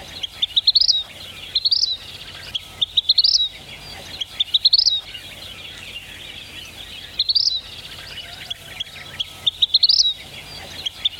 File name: vermillionflycatcher